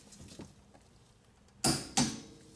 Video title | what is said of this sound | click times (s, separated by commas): Honda CRV: Rear Wheel Bearing Replacement | so i hope you heard the torque wrench click | 1.6 s, 2.0 s